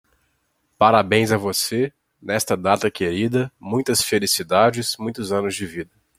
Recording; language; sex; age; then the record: short text; Brazilian Portuguese; male; 20 to 29 years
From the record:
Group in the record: control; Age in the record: 25 years